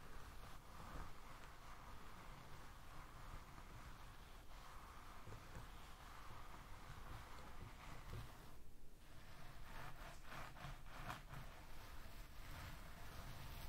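Scalp massage and hair brushing make a steady, dense rustling and scratching that runs the full fourteen seconds with little change in level. A low rumble sits underneath, and around the ninth second the brighter hiss briefly thins before repeated soft strokes resume.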